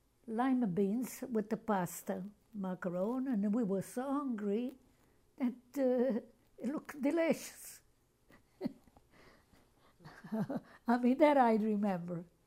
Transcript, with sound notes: lima beans with the pasta, macaroni. And we were so hungry that, uh, it looked delicious. ( she laughs ) I mean, that I remember.